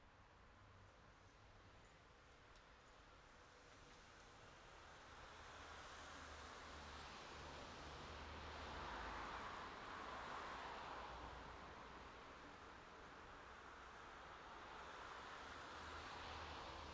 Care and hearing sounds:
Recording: everyday scene through a hearing-aid microphone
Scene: in traffic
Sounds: traffic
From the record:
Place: city secondary road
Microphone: in the ear canal, left

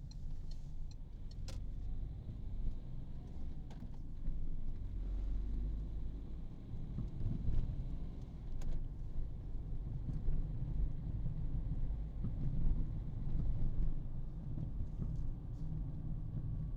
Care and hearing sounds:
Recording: everyday scene through a hearing-aid microphone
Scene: in a vehicle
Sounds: engine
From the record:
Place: Berlingo II, diesel engine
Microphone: in the ear canal, right

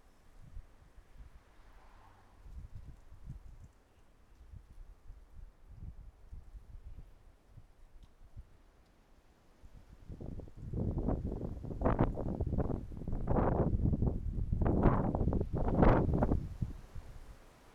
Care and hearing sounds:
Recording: everyday scene through a hearing-aid microphone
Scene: wind on the microphone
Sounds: wind, traffic, birds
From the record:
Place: suburban garden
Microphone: behind the ear, right, front

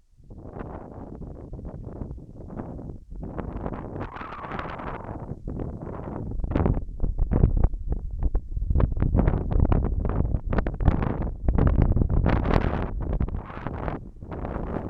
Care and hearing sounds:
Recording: everyday scene through a hearing-aid microphone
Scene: wind on the microphone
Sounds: wind, whistling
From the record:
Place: in front of a rural house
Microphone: behind the ear, left, rear

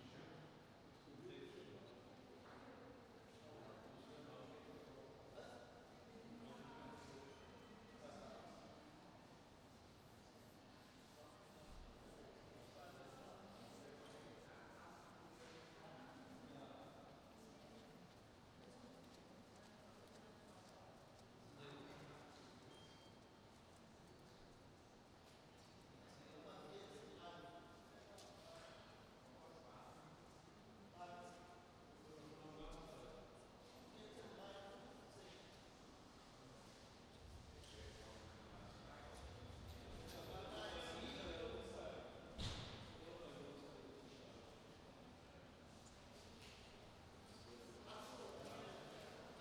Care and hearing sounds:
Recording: everyday scene through a hearing-aid microphone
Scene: reverberant space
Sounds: background noise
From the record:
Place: railway station hall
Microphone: in the ear canal, right

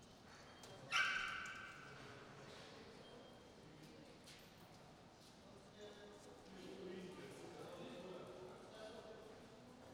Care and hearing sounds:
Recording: everyday scene through a hearing-aid microphone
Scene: reverberant space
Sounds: barking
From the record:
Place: railway station hall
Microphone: in the ear canal, right

